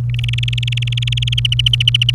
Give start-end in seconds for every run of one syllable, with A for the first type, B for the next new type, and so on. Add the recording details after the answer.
0.10-1.40 A, 1.45-2.14 B. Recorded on 28 April 2018 at 09:46. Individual llb3